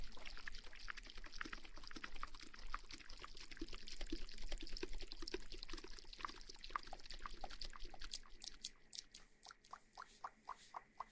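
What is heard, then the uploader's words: A water bottle is shaken, giving a dense, busy sloshing and crackling that stays fairly steady for the first eight seconds. After that the sound thins and quiets into a regular series of bright, separate ticks and splashes, about two or three per second, to the end. Shaking water bottle & Ear massage.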